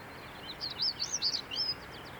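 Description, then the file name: European stonechat giving one brisk phrase of high, scratchy, twittering notes that rise and fall, ending in a few thin trailing notes against soft background hiss. 16 May 2013, Fröttmaninger Heide heathland, Munich, Germany. "Schwarzkehlchen 16 05 2013 Froettmaninger Heide M Daniel Honold"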